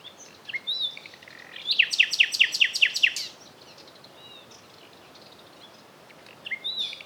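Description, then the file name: Common nightingale song: soft opening notes build into a fast series of loud repeated pulses, then quiet pauses before a short high phrase. "Luscinia megarhynchos"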